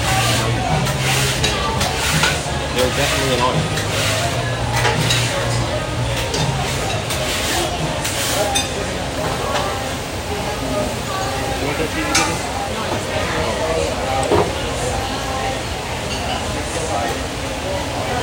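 A restaurant kitchen during Sunday breakfast in Phoenix, Arizona, with a steady wash of voices and a constant sizzling hiss. Dishes and utensils clink and clatter in frequent short bursts, busiest in the first eight seconds, while a low hum runs underneath.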